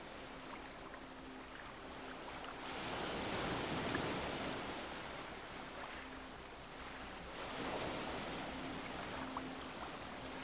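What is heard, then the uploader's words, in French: Waves wash onto a deserted beach, the surf swelling into a broad hiss around four seconds and again near eight, then easing back between them. A faint low steady hum runs underneath the quieter stretches, with no voices or other sounds. Sur une plage déserte.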